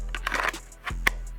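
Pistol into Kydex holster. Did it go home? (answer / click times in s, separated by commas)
yes / 1.1 s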